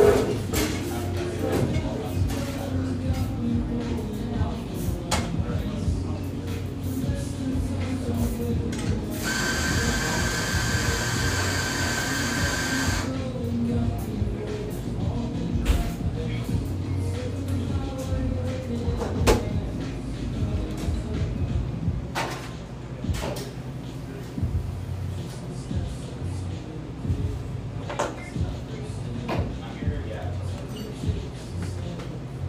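Steady café chatter fills the space, with overlapping voices and a low hum throughout. From about 9 to 13 seconds a loud hissing burst dominates, like a steam wand. Scattered clicks and knocks of cups and doors punctuate the whole stretch.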